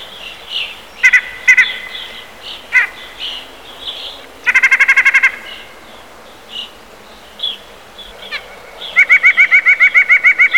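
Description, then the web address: Eurasian jay calls: short harmonic bursts of nasal notes, a fast pulsed series near the middle and another at the end, with faint higher bird chirps between. "peene na ptici soika"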